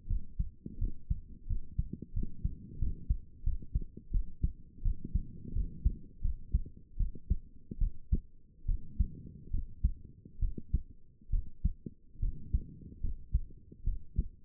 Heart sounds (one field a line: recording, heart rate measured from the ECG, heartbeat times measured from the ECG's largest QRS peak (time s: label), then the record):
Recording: heart sounds by stethoscope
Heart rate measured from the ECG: 78 bpm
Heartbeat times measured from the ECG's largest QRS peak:
0.07 s: heartbeat
0.78 s: heartbeat
1.47 s: heartbeat
2.13 s: heartbeat
2.78 s: heartbeat
3.43 s: heartbeat
4.11 s: heartbeat
4.82 s: heartbeat
5.53 s: heartbeat
6.21 s: heartbeat
6.97 s: heartbeat
7.78 s: heartbeat
8.65 s: heartbeat
9.50 s: heartbeat
10.39 s: heartbeat
11.30 s: heartbeat
12.19 s: heartbeat
13.00 s: heartbeat
13.84 s: heartbeat
From the record:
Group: healthy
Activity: rest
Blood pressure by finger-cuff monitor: 146/79 mmHg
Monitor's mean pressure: 97 mmHg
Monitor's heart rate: 75 bpm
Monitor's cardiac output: 6.9 L/min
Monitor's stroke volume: 88 mL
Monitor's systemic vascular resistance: 1060 dyn s/cm5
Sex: female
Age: 22 years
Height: 154 cm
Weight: 58.7 kg